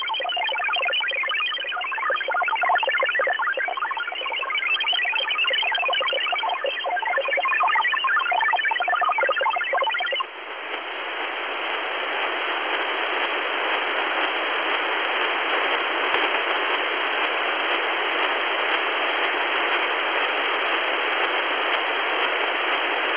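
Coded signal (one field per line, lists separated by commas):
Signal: multi-tone FSK (Olivia or MFSK type)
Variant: XPB 16-tone MFSK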